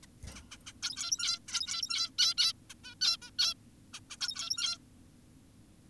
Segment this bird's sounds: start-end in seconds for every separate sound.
0.03-0.06, 0.36-0.41, 0.51-0.58, 0.67-0.73, 0.83-1.39, 1.48-2.10, 2.18-2.34, 2.38-2.53, 2.70-2.74, 2.84-2.95, 3.02-3.17, 3.22-3.31, 3.39-3.54, 3.94-4.00, 4.10-4.17, 4.21-4.78